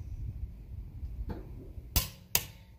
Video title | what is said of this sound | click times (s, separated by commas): How To Torque Wheel Lug Nuts On A 2003 2004 2005 2006 2007 2008 Toyota Corolla | there we go we heard our click we know that we hit 76 foot pounds | 2.0 s, 2.3 s